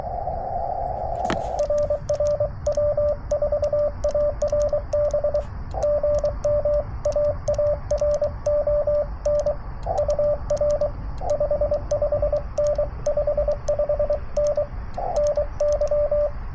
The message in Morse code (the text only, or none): RR W4ARB GM AARON UR 55N 55N NY